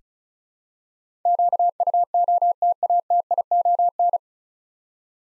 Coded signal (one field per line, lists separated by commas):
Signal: Morse code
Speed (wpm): 36 wpm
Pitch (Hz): 700 Hz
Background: none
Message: QUOTATION